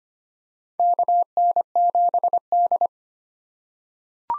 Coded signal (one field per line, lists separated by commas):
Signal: Morse code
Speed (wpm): 25 wpm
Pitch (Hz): 700 Hz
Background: none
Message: KN7D